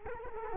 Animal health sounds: mosquito wingbeat signal from an infrared sensor; Culex quinquefasciatus

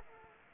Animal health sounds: mosquito wingbeat signal from an infrared sensor; Anopheles gambiae

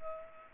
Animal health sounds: mosquito wingbeat signal from an infrared sensor; Culex pipiens

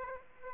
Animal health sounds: mosquito wingbeat signal from an infrared sensor; Aedes aegypti

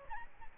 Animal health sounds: mosquito wingbeat signal from an infrared sensor; Aedes albopictus

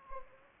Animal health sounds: mosquito wingbeat signal from an infrared sensor; Anopheles gambiae

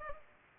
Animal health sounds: mosquito wingbeat signal from an infrared sensor; Culex pipiens

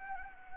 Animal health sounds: mosquito wingbeat signal from an infrared sensor; Anopheles gambiae

